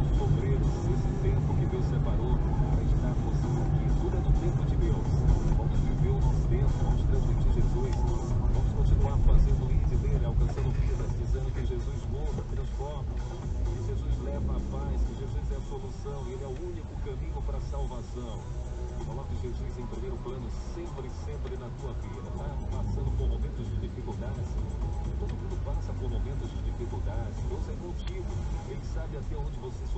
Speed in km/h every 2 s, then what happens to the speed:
40, 38, 34, 29, 19, 7, 5, 5, 4, 3, 0, 2, 3, 5, 3.
0-10 slows to 7. 10-19 steady at about 5. 19-23 standing. 23-30 steady at about 3.